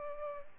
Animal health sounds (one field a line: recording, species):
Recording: mosquito wingbeat signal from an infrared sensor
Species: Culex pipiens